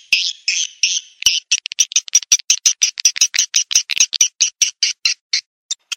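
Bird giving harsh, scratchy, high notes, at first in slower longer bursts, then in a quick steady series of short rasping squawks with brief pauses.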